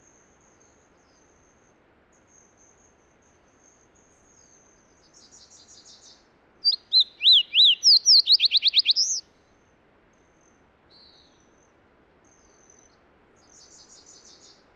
Fox Sparrow song recorded at the Alluvial Fan in Rocky Mountain National Park.